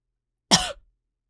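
A single brief cough from an adult, acted as a sound effect.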